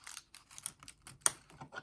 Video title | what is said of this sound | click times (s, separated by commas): How to use Jorest Watch Press Timex Expedition | okay so I heard it click so I think | 1.3 s